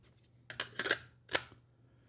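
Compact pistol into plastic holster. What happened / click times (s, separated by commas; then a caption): The item snapped into the rigid plastic holster / 0.5 s, 0.6 s. A compact Smith & Wesson Bodyguard 2.0 pistol is pushed into a $29 molded plastic holster, and the retention snaps over the trigger guard with sharp clicks at 0.5 s and 0.6 s. A few more plastic clicks and rattles follow around 0.8 to 0.9 s and at 1.4 s, and the pistol is seated in the holster.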